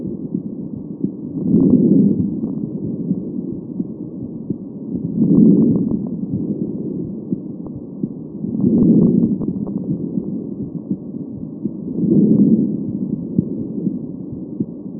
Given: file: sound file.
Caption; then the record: Lung sound recorded from a healthy volunteer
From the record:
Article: A two-stage amplified PZT sensor for monitoring lung and heart sounds in discharged pneumonia patients